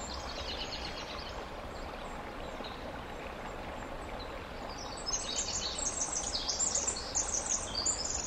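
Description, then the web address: Winter wren song: faint high twitters at first, then a loud, sharp run of fast, glittering trills begins after about five seconds, over steady hiss. "ear jh-060319 wwren"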